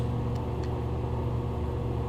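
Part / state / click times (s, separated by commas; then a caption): threaded fitting going onto a paint spray gun body / not seated / none. A threaded fitting is handled at the body of a paint spray gun. A steady low hum and rumble runs throughout, with two faint high-frequency ticks near 0.35 and 0.6 seconds. Nothing has seated or clicked yet.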